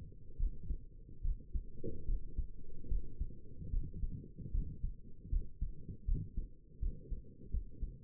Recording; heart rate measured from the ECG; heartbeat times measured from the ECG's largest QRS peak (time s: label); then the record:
heart sounds by stethoscope; 76 bpm
0.38 s: heartbeat
1.23 s: heartbeat
2.07 s: heartbeat
2.89 s: heartbeat
3.71 s: heartbeat
4.53 s: heartbeat
5.31 s: heartbeat
6.07 s: heartbeat
6.81 s: heartbeat
7.52 s: heartbeat
From the record:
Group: healthy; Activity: rest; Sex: female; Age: 22 years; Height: 163 cm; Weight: 67.1 kg